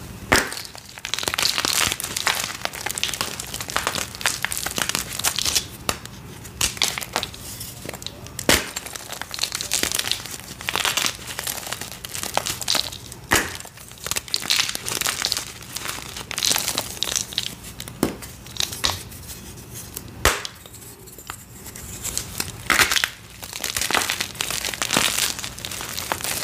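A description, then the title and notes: Purple gym chalk paste is crushed and mixed, making dense, continuous crinkling and crunching with sharp, wet-sounding cracks every second or so. The texture stays busy and bright throughout, with brief quieter moments near 9, 18 and 22 seconds. Gym chalk ASMR. Purple gym chalk water crushes, reforms, paste mixing, and more. Purple Pasted Gym Chalk Water Crush.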